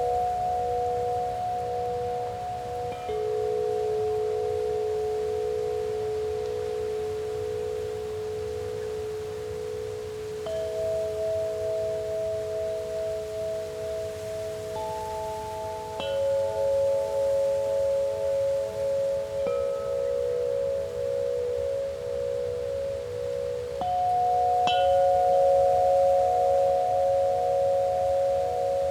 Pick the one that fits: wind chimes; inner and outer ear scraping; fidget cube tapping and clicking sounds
wind chimes